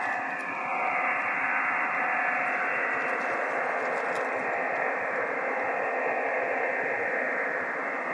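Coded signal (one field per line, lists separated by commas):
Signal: digital SSTV (DRM)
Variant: EasyPal (DRM)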